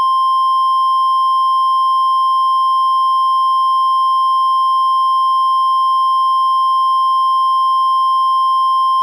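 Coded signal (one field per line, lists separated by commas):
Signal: Emergency Alert System (SAME) tones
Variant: 1050 Hz attention tone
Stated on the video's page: Fictional, simulated EAS tornado scenario.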